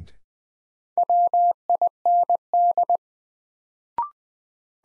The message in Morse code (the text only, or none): WIND